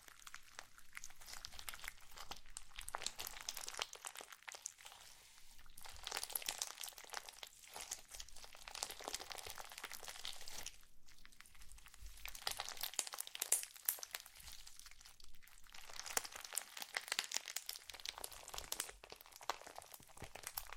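Slime being squished and worked makes continuous crinkly, crackling sounds, bright and dense, rising and easing in waves every few seconds. Brief near-silent gaps fall around 5 and 11 seconds, with sharper clicks and pops scattered throughout and a faint low rumble underneath.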